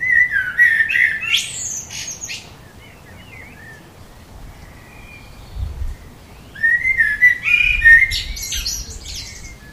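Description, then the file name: Common blackbird song: fluty warbled phrases ending in high squeaky twitters, two main bursts separated by a pause with soft faint notes, and brief low rumbles. "Turdus merula"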